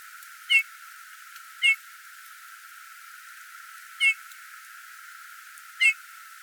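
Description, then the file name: Eurasian bullfinch, four brief mellow piped notes at irregular intervals, each a soft clear whistle, with light background hiss. "Domherre"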